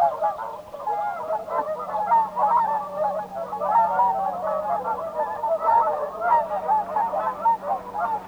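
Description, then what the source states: Whooper Swan flock giving continuous trumpeting honks, many birds overlapping in a steady, noisy clamour. Field recording from Sweden.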